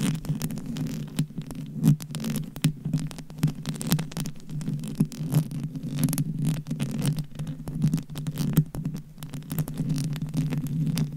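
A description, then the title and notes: Scratching and tapping on a homemade microphone cover, heard as a dense run of rough scrapes and soft knocks lasting the whole time. A low, steady rumbling hum sits underneath, and bright clicky taps break through irregularly, several each second. ASMR Mic Scratching & Tapping on DIY Mic Cover. Asmr No Talking.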